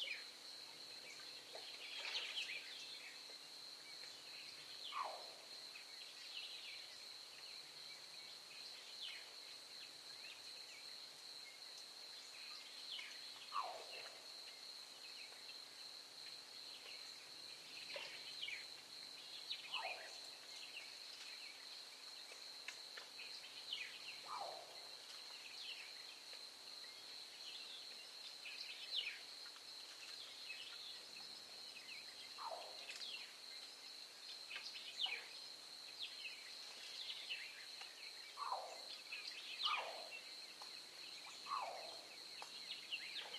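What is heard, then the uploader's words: A marsh soundscape on the Anhinga Trail in Everglades National Park, carried by a steady, high insect whine that never lets up. Over it come scattered short, bright calls and chirps, a few every several seconds, with some lower chattering bird notes. Recorded at dawn. The Anhinga Trail at Everglades National Park.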